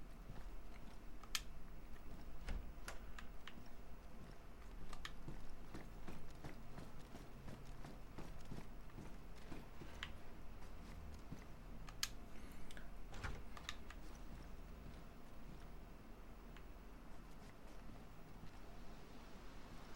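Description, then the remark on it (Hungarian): Iron doors rattle in the wind, giving off irregular sharp clanks and knocks over a steady low rumble, with one louder, gunshot-like bang standing out partway through. “Megint olyan hangot hallottam, mint hogyha valaki lőtt volna, de szerintem ez egyébként ilyen a szél rázza a vasajtókat hang lesz, nem lőve is.”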